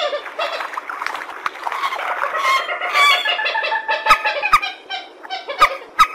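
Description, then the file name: Purple swamphen producing a continuous jumble of nasal cackles and honks, later broken by a few sharp clicks. "tieng trich re keu"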